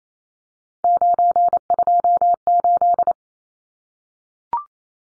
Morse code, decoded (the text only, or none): 928